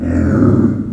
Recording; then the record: squeal of a Yucatan mini pig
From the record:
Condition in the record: after surgery on the right vocal fold (resection and tissue-engineered implant); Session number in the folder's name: 7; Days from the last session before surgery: 47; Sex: female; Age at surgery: 19 weeks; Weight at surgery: 25 kg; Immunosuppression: prednisolone